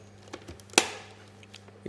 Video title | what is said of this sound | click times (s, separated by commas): Feasted - Hanley & Etruria Cooking Class - Part One Sous Vide | it clicks in place hit the vac seal button | 0.8 s